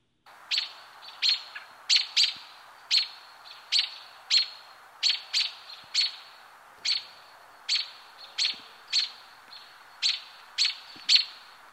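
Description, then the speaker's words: American Robin chuck calls: many short, sharp notes repeated steadily, sometimes in quick pairs, with nothing else clearly heard. Chuck call, guessed to be an alarm or attention call, not particularly territorial. "let's listen to the Robin Chuck."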